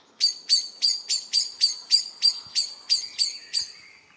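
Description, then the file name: Common blackbird with a short, even run of about a dozen sharp, ringing chink notes, three or so per second. "Turdus merula"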